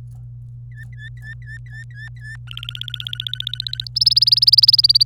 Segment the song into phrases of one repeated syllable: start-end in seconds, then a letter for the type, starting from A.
0.71-2.36 A, 2.47-3.88 B, 3.96-5.03 C